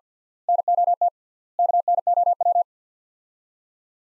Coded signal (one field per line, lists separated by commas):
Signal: Morse code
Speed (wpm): 45 wpm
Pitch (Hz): 700 Hz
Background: none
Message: NOT KNOW